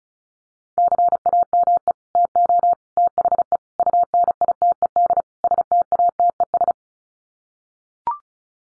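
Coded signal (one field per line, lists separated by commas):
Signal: Morse code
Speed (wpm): 34 wpm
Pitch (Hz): 700 Hz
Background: none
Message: CAME TO THE UNITED STATES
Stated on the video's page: Computer-generated Morse head-copy drill of common five-word groups at 35 wpm; each set sent, spoken, then sent again.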